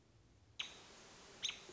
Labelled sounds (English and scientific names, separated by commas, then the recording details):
American Robin (Turdus migratorius)
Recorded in Sonoma County, California